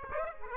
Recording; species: mosquito wingbeat signal from an infrared sensor; Aedes aegypti